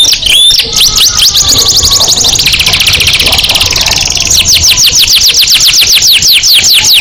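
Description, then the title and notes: Canary singing in rapid trills, then a series of sharp downward-sweeping notes. Canary masteran song recording, played to stimulate other birds into singing more intensely. "SUARA MASTERAN KENARI. masteran kicau kenari"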